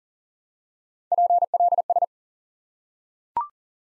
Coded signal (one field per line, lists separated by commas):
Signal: Morse code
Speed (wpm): 37 wpm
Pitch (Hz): 700 Hz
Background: none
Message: PLS